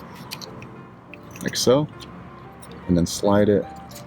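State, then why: Not seated. The plastic adapter of a Bosch beam wiper blade for a Prius is handled at the J-hook end of the metal wiper arm, with a few faint ticks around 0.4, 0.6 and 1.1 seconds while someone talks. The blade has not clicked or locked onto the hook yet.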